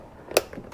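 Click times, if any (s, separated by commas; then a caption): 0.4 s. A plastic quick-connect fuel hose fitting is pushed onto its nipple on the fuel pump module line during a Chevy Colorado crew cab fuel pump replacement. A sharp, bright click at 0.4 s stands out among faint ticks around 0.3, 0.5 and 0.7 s. The fitting clicks into place and is seated.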